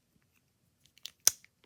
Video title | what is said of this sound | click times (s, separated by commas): Beyblade X Unboxing: Courage Dran Slash 6-60 Vortex | Yep. There we go. You just want to lock it in like that. You heard a little click. | 1.3 s